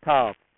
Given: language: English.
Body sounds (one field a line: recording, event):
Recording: throat vibration sensor signal played as sound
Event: speech